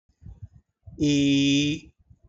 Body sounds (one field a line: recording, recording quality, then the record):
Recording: sustained vowel as in beet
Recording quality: excellent, no background noise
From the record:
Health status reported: healthy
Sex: male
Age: 59 years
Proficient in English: yes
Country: India